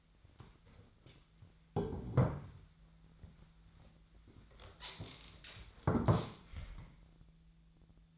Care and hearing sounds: daily activity, microphone in the room; sit down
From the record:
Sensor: 3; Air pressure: 1007.9 hPa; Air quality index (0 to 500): 191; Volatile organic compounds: 14 ppm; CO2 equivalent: 2449 ppm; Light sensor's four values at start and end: 12/29/12/12 and 12/29/12/12

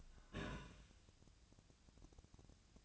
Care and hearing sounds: daily activity, microphone in the room; take from stove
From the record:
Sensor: 2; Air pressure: 1009.8 hPa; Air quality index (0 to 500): 181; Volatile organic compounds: 11 ppm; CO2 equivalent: 2266 ppm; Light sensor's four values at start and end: 30/74/32/35 and 30/74/32/35

